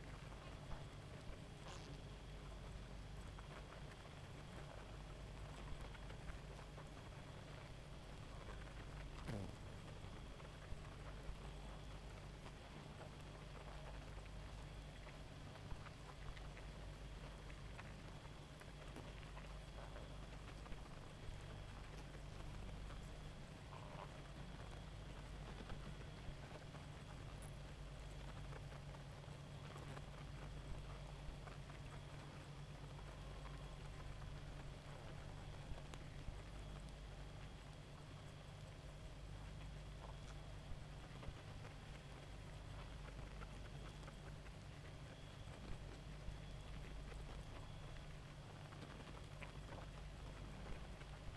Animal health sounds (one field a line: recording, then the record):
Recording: honeybee colony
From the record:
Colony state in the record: active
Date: 28 July 2017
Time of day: 1:27